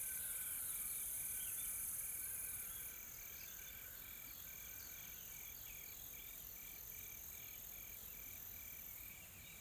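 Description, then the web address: Insects calling, a high continuous shrill drone joined by a fast, evenly pulsed beeping trill and soft chirps. Soft, calm insect ambience from a tropical forest in South Africa. "Sonniss com - GDC 2020-Game Audio Bundle Smart Sound FX - Nature South Africa AMBIENCE Additional Tropical Forest Soft Insects Calm"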